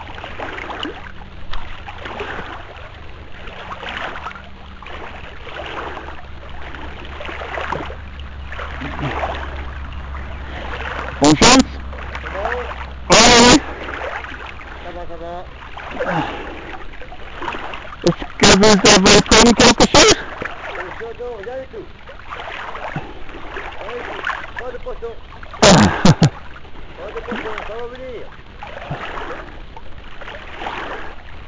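A swim in a river: steady water sloshing with rhythmic strokes, a low rumble, and sharp loud splashes around 11, 13, 19 and 26 seconds.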